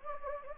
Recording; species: mosquito wingbeat signal from an infrared sensor; Anopheles gambiae